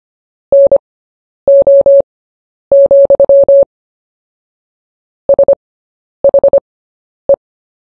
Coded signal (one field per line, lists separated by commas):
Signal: Morse code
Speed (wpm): 25 wpm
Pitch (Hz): 560 Hz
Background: none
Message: NO, SHE